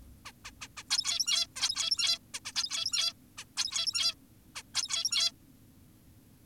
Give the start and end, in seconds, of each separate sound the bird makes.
0.26-0.32, 0.45-0.51, 0.61-0.68, 0.77-0.84, 0.90-1.47, 1.56-2.19, 2.34-2.40, 2.45-2.52, 2.56-3.13, 3.38-3.45, 3.57-4.15, 4.56-4.63, 4.75-5.32